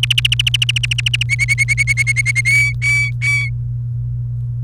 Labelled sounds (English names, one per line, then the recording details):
Domestic Canary song
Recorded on 28 April 2018 at 17:55
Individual llb3